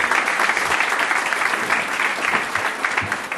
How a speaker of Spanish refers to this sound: Así que démosle un aplauso de ánimo a nuestros hermanos, ¿ya? Que el Señor los bendiga, hermano.